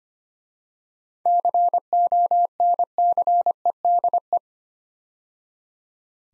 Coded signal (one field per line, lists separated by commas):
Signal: Morse code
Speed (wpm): 25 wpm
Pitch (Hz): 700 Hz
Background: none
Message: CONCEDE